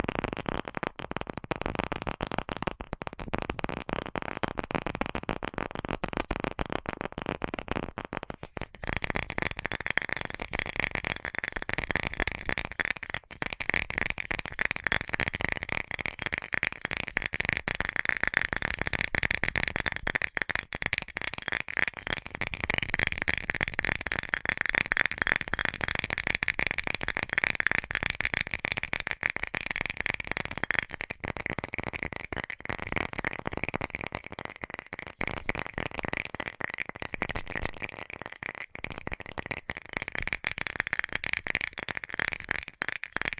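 Rapid tapping runs the full length, a dense, steady patter of small hits with no real pauses. From about nine seconds a brighter, ringing edge joins the taps and stays to the end, over a constant low rumble underneath.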